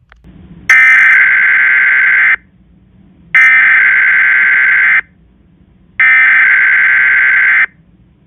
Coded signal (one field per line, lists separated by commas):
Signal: Emergency Alert System (SAME) tones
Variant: header bursts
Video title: EAS MOCK: TOR-E for Louisville (Announcement at beginning)